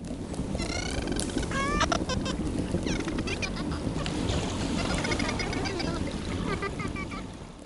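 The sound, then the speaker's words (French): Dolphin vocalizations, produced with the dolphins' phonic lips: a series of squeaky, rising whistles and rapid click bursts over a steady wash of underwater noise, repeating irregularly throughout without any talking. “Voilà, on entend bien le son. Alors les sons sont un peu différents de ceux des chauves-souris du coup, mais là on entend aussi des sons audibles.”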